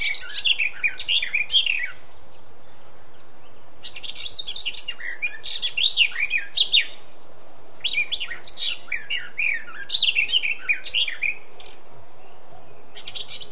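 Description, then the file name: Eurasian blackcap singing: repeated phrases of fast, chattering warbles with sweeping high notes, several bursts separated by brief pauses, against quiet background noise. "Sylvia atricapilla"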